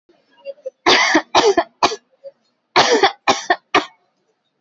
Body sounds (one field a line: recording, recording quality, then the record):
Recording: heavy voluntary cough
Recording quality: excellent, no background noise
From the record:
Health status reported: exposed to COVID-19, no respiratory illness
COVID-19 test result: negative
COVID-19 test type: RT-PCR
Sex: female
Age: 24 years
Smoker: no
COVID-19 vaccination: both doses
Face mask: worn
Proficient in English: yes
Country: India